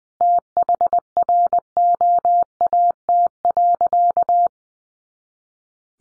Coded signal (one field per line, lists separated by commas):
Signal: Morse code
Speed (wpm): 20 wpm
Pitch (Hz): 700 Hz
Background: none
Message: THROAT.